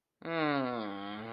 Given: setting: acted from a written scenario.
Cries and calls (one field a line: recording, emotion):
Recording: vocal sound without words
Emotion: shame